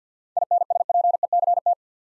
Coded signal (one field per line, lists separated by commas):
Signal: Morse code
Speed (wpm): 53 wpm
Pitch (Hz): 700 Hz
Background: none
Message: INSPECT